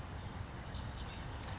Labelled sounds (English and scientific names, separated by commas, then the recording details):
California Towhee (Melozone crissalis)
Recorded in Sonoma County, California